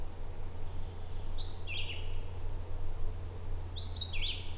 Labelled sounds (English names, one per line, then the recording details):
Red-eyed Vireo song
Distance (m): 10 m
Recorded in boreal forest in Alberta, Canada, on 21 June 2016 at 08:58
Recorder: SongMeter 3, array SBT-6-76
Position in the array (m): 190 m, 83 m